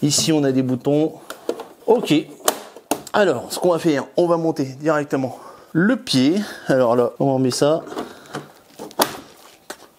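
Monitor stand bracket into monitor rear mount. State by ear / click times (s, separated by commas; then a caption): seated / 9.0 s. Someone talks while fitting the stand piece onto the mounting point on the back of a Mi Curved Gaming Monitor 34", a plastic/metal bracket. The stand bracket snaps into the monitor's rear mount with a sharp click at 9.0 seconds, and it seats without needing any screws.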